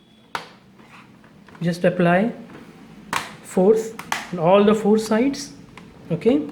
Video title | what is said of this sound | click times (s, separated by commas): Samsung 850 Evo SSD installation in Dell Inspiron laptop N4050 | this here and just push it you will hear the clicking sound | 0.3 s